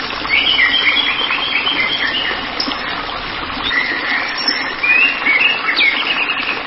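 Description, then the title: White-rumped shama song: varied whistled and chattering phrases, high and bright, with a brief pause before louder bursts near the end over a steady hiss. "Kicau Murai Batu"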